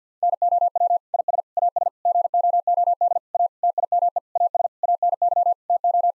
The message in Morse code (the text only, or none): NOW IS AS GOOD A TIME AS ANY TO